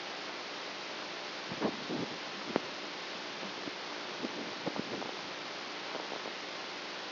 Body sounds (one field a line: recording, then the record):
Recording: brain microelectrode recording played as sound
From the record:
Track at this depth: outside the subthalamic nucleus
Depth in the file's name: 5.501 mm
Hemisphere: right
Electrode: 2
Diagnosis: Parkinson's disease